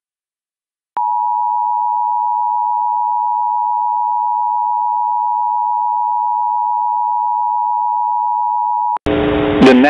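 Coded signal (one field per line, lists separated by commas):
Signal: Emergency Alert System (SAME) tones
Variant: 853 and 960 Hz attention tone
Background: speech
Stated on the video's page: Valid EAS tones in a mock reenactment of Hurricane Harvey alerts, not a real broadcast.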